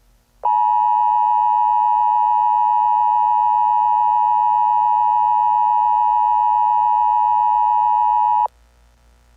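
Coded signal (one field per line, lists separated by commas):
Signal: Emergency Alert System (SAME) tones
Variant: 853 and 960 Hz attention tone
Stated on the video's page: Fictional EAS scenario.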